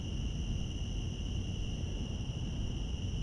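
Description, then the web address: Cicadas giving an unbroken high droning buzz over a heavy low rumble. Recorded in Central Park. "lynne-publishing Central Park cicadas"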